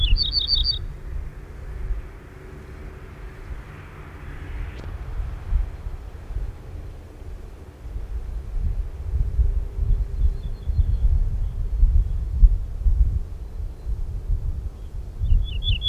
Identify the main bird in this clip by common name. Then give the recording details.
Ortolan Bunting. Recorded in the wild. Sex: male. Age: adult. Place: Schloß Holte-Stukenbrock, Senne, Nordrhein-Westfalen, DE. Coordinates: 51.8711, 8.6625. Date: 1972-05-20. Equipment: Uher 4200 Report Stereo, Bändchenmikro Beyer M 260, Parabolspiegel Polyester (600 mm). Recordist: Conrads, Klaus